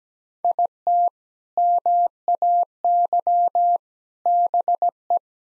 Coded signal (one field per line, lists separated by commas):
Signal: Morse code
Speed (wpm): 17 wpm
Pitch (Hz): 700 Hz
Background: none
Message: IT MAY BE